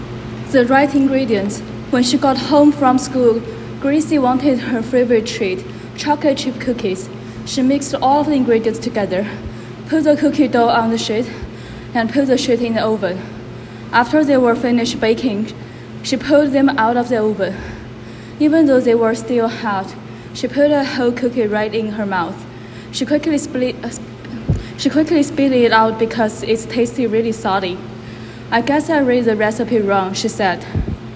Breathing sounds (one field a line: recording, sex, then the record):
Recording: reading aloud after running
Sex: female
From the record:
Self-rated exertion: vigorous exertion (4 of 6)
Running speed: 9 miles an hour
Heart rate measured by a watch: 141 beats a minute at the start, 123 at the end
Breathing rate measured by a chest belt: 31 breaths a minute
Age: 28 years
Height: 155 cm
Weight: 44 kg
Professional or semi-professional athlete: no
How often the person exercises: 3 to 5 times a week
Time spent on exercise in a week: over 5 hours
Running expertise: yes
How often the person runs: 3 to 5 times a week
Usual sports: running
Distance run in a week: 45 km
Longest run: 32 km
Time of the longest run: 200 minutes